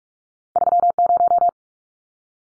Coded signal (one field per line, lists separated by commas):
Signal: Morse code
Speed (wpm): 44 wpm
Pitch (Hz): 700 Hz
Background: none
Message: 30